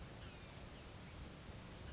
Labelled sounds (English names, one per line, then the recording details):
Blue-gray Gnatcatcher
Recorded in Sonoma County, California